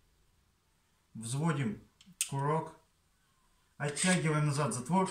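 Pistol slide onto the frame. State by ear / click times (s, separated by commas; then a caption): not seated / none. Someone talks while handling the slide of a Horhe less-lethal pistol during reassembly, pulling it back over the frame. Faint handling noise sits between three bursts of speech. Nothing has seated or clicked yet; the clip ends before the slide goes into place.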